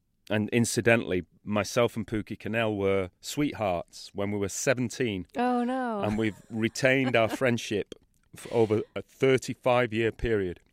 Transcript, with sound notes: And incidentally, myself and Pooky Quesnel were sweethearts when we were 17.
Oh no. (Laughter).
And we've retained our friendship for over a 35-year period.